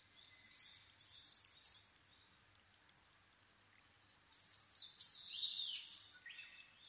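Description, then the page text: Asian brown flycatcher song in two bright, rapid phrases of high chirps and trills, about four seconds apart, with quiet pauses between. Nikko, Japan, 26 April 2011 at 4:39, altitude 730 m; Sony PCM-D50 recorder with Panasonic WM-61A microphone. "kosamebitaki-20110426-0439. Muscicapa dauurica [Sounds -Nikko Today-]. 4/ 26 2011, 4:39 alt=730m"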